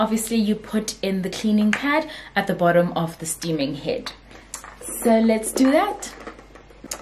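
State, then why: Seated. A cleaning pad is fitted onto the bottom of the steaming head of a Black+Decker steam mop while someone talks. A sharp click at 6.9 seconds shows the pad has seated securely.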